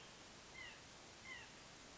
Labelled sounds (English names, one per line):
White-breasted Nuthatch